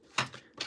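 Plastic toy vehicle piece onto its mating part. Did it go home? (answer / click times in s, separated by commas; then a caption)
yes / 0.2 s. The second part of a small plastic Micro Machines Transformers Optimus Prime toy, the cab or trailer piece, is fitted onto its mating part and locks into place with a sharp plastic click at 0.2 s. Two softer clicks follow at about 0.3 s and 0.6 s.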